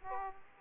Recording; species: mosquito wingbeat signal from an infrared sensor; Aedes aegypti